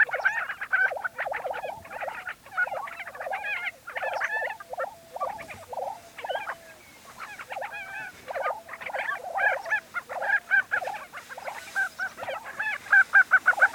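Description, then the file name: Lesser prairie chicken chorus of repeated cackling and gobbling notes, bursts of overlapping calls with brief quieter gaps, growing louder toward the end. Recorded on 20 April 2013. "2013-04-20 Lesser Prairie Chicken"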